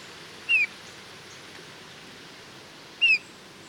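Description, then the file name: Eurasian bullfinch making two clear, gently falling piped whistles about two and a half seconds apart against a steady hiss. "Pyrrhula pyrrhula"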